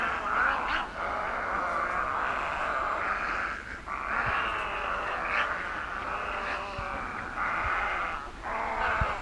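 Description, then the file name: Little egret giving harsh, gargling croaks in near-continuous rasping bursts with brief pauses. "Garzetta Egretta garzetta"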